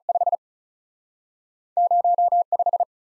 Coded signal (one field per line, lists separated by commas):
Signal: Morse code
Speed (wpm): 47 wpm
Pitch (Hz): 700 Hz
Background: none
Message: 5 0 5